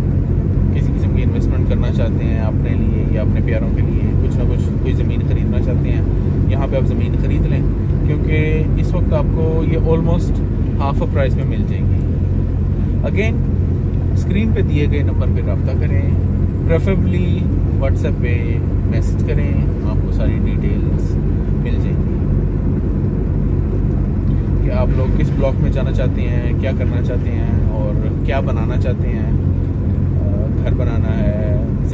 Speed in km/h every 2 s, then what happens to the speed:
30, 30, 31, 31, 30, 29, 29, 30, 31, 32, 31, 30, 30, 30, 30, 29.
0-32 steady at about 30.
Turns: none.